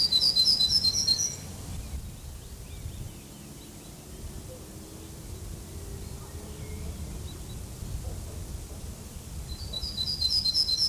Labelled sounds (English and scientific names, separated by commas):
Yellowhammer (Emberiza citrinella) song